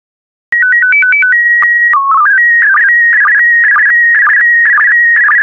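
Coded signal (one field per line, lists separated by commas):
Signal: SSTV (slow-scan television)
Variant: PD120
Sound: stepped start-up tones, a steady whistle, then warbling scan lines with regular ticks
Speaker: complete. You can now check your decoded image against the picture that is shown on the video.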